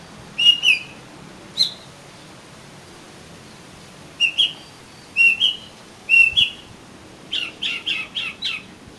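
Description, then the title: Oriental magpie-robin song: clear whistled notes, some slurred upward, given singly and in pairs, ending in a quick run of buzzy chirps. "Kacer Kacer"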